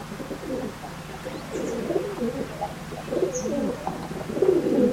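Birds cooing in low, jumbled, overlapping phrases over a steady low hum, with a couple of faint high chirps.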